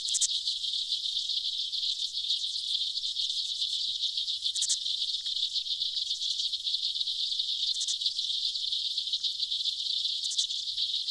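Aquatic insects in a constant high, rasping buzz, with brief brighter bursts every few seconds.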